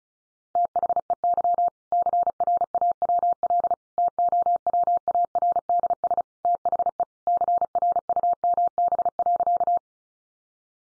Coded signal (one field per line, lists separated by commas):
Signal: Morse code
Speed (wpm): 34 wpm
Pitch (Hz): 700 Hz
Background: none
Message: THEY CRAWL TOWARDS THE CRUMB.